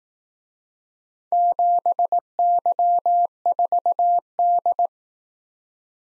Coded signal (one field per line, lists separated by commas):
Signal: Morse code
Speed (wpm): 18 wpm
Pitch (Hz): 700 Hz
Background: none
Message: 7Y4D